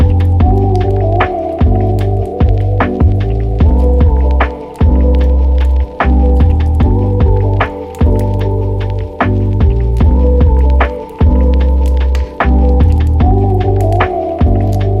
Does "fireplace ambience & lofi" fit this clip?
yes